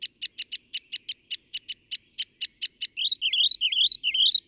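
Northern mockingbird singing a rapid, evenly spaced train of short bright notes, then abruptly changing to a few harsher, twisting phrases.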